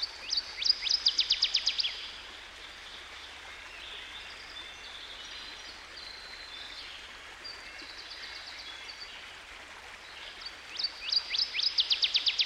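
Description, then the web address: Northern waterthrush delivers two bursts of fast, emphatic chip notes, one at the start and one near the end, separated by quieter bird calls over constant flowing water. By a stream. "Dan Gibson Songbirds By The Stream. Northern Waterthrush"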